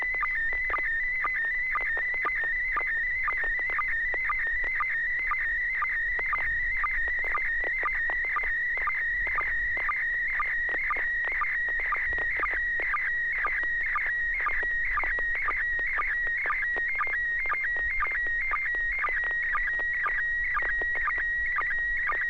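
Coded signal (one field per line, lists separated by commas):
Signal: SSTV (slow-scan television)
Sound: warbling high tone with steady rhythmic chirps about twice a second, throughout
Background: low hum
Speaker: Yes, indeed. A very melodious tone indeed. Go ahead 120.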